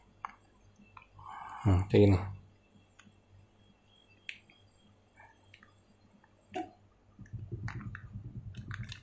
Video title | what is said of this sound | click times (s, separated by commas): Memperbaiki Baterai Drone Nartor NX5 / SJRC S20W SOAK | tinggal masukin lagi sampai Dia bunyi klek | 0.2 s